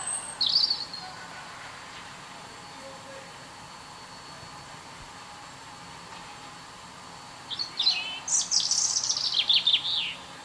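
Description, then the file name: European robin gives a brief high note, then falls silent for several seconds before a dense, rapid burst of thin descending trills and twitters. "Erithacus rubecula"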